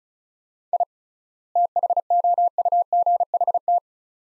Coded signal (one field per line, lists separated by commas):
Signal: Morse code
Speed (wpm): 36 wpm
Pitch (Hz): 700 Hz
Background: none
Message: I THOUGHT